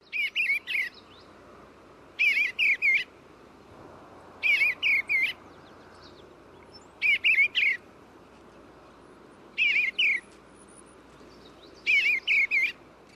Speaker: this short, wavering call is one that we often hear on a different kind of Maryland airwave. It belongs to the eastern bluebird, a species that is native to our listening area.